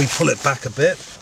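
A gear gaiter's plastic housing is handled as it is fitted into a car console, with its front end pushed in and down and then pulled back a bit. Someone talks throughout, and nothing has seated or clicked yet.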